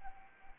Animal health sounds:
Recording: mosquito wingbeat signal from an infrared sensor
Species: Anopheles arabiensis

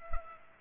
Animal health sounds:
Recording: mosquito wingbeat signal from an infrared sensor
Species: Culex pipiens

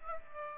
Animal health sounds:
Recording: mosquito wingbeat signal from an infrared sensor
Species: Aedes aegypti

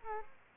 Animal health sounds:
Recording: mosquito wingbeat signal from an infrared sensor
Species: Aedes aegypti

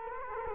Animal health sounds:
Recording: mosquito wingbeat signal from an infrared sensor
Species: Culex quinquefasciatus

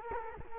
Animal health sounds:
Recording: mosquito wingbeat signal from an infrared sensor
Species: Culex quinquefasciatus

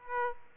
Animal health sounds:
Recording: mosquito wingbeat signal from an infrared sensor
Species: Aedes aegypti

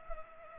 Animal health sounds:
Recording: mosquito wingbeat signal from an infrared sensor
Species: Culex pipiens

